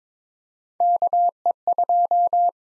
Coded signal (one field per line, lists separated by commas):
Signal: Morse code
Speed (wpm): 22 wpm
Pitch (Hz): 700 Hz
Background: none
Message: KE2